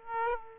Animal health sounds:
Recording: mosquito wingbeat signal from an infrared sensor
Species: Aedes aegypti

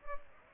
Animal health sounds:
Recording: mosquito wingbeat signal from an infrared sensor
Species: Culex pipiens

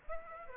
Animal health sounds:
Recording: mosquito wingbeat signal from an infrared sensor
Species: Aedes aegypti

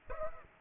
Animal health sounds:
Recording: mosquito wingbeat signal from an infrared sensor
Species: Aedes aegypti

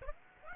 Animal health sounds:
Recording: mosquito wingbeat signal from an infrared sensor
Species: Aedes aegypti

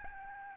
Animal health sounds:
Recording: mosquito wingbeat signal from an infrared sensor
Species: Aedes albopictus

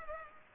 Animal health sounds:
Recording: mosquito wingbeat signal from an infrared sensor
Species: Culex pipiens

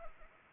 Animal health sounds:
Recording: mosquito wingbeat signal from an infrared sensor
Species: Anopheles arabiensis

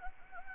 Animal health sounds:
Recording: mosquito wingbeat signal from an infrared sensor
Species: Anopheles gambiae

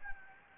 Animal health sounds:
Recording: mosquito wingbeat signal from an infrared sensor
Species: Anopheles gambiae

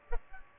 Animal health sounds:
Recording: mosquito wingbeat signal from an infrared sensor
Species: Aedes aegypti

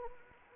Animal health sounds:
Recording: mosquito wingbeat signal from an infrared sensor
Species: Anopheles arabiensis

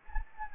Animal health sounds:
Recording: mosquito wingbeat signal from an infrared sensor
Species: Anopheles gambiae

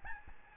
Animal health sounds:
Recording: mosquito wingbeat signal from an infrared sensor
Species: Aedes albopictus

